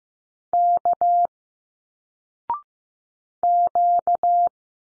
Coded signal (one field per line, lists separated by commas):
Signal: Morse code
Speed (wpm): 15 wpm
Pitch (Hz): 700 Hz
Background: none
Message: K Q